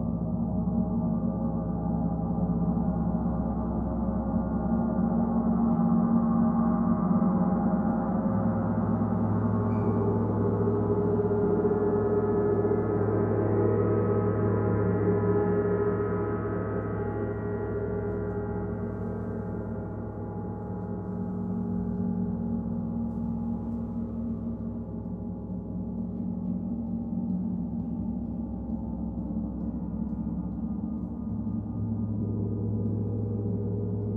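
A gong rings out in a long, sustained wash, its deep hum steady throughout. The tone swells and shifts slowly, brightening around the middle then settling lower after about fifteen seconds, with shimmering overtones pulsing through the low drone.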